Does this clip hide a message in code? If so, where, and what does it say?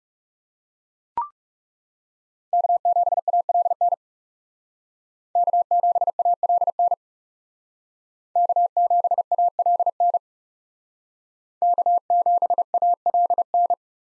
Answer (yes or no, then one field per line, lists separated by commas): yes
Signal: Morse code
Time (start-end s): 2.5-13.7 s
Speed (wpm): 34 wpm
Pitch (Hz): 700 Hz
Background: none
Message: K7ALN K7ALN K7ALN K7ALN